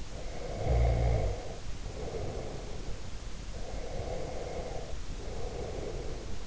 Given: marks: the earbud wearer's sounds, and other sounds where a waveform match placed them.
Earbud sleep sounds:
sounds in sleep by an in-ear microphone; snoring breath, breath
0.07-3.04 s: snoring breath
3.47-6.47 s: breath

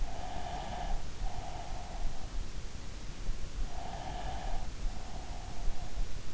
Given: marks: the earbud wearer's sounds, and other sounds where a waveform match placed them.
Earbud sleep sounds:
sounds in sleep by an in-ear microphone; breath
0.00-2.38 s: breath
3.74-6.26 s: breath

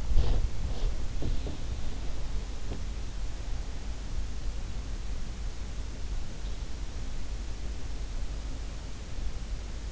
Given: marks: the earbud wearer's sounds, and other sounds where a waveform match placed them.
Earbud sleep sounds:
sounds in sleep by an in-ear microphone; breath
0.00-1.02 s: breath
1.10-2.84 s: sound from someone else or the room

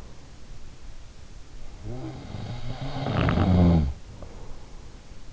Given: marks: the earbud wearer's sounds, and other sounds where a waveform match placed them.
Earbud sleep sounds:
sounds in sleep by an in-ear microphone; snoring breath
1.52-4.55 s: snoring breath

